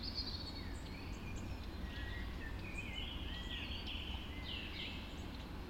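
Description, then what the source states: Birds in a birds: varied whistled notes, slurred phrases and high chirps from several birds, layered over a low steady hum. Birds recorded just after dawn in the Forest of Dean.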